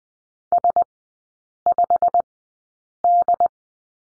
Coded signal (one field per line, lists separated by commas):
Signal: Morse code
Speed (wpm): 20 wpm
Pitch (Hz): 700 Hz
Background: none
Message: S5D